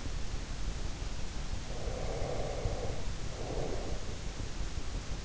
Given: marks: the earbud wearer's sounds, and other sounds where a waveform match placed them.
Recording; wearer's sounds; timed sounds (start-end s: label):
sounds in sleep by an in-ear microphone; breath
1.61-4.30 s: breath